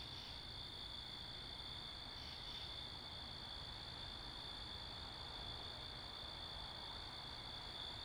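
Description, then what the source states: Crickets trill continuously at a high pitch, with small swells near the start and around two seconds, over low wind and traffic noise. Crickets recorded in Wakefield, Rhode Island, 10 October 2021 at 11:35pm, facing northeast, with two Rode NTG-3 shotgun mics on a Sound Devices MixPre 10ii; cars and wind present.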